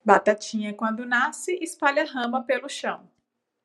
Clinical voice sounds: short text; Brazilian Portuguese; female; 30 to 39 years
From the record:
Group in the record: control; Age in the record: 30 years

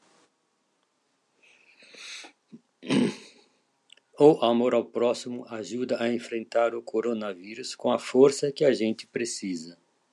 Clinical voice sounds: spoken sentence; Brazilian Portuguese; male; 60 to 69 years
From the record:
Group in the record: control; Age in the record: 69 years

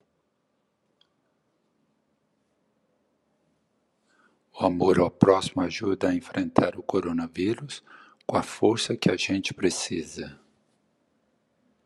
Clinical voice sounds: spoken sentence; Brazilian Portuguese; male; 50 to 59 years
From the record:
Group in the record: control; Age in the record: 58 years

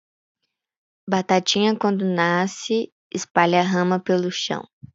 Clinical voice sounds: short text; Brazilian Portuguese; female; 50 to 59 years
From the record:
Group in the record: control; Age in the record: 57 years

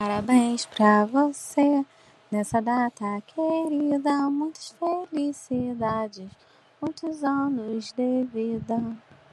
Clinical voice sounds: short text; Brazilian Portuguese; female; 30 to 39 years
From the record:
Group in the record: control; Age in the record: 34 years

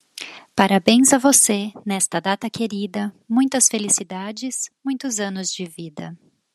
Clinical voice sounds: short text; Brazilian Portuguese; female; 40 to 49 years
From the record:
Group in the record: control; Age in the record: 41 years

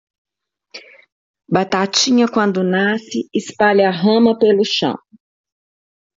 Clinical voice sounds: short text; Brazilian Portuguese; female; 50 to 59 years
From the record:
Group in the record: control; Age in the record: 55 years

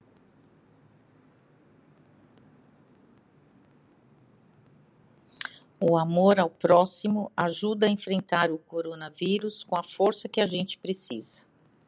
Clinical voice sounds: spoken sentence; Brazilian Portuguese; female; 60 to 69 years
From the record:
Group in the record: control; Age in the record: 62 years

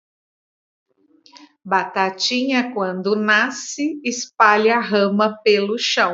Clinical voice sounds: short text; Brazilian Portuguese; female; 50 to 59 years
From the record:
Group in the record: control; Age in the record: 51 years

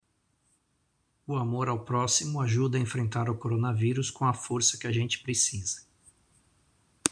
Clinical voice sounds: spoken sentence; Brazilian Portuguese; male; 50 to 59 years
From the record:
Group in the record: control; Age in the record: 54 years

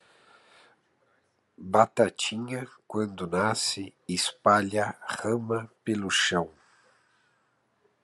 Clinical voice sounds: short text; Brazilian Portuguese; male; 40 to 49 years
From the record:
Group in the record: control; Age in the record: 44 years

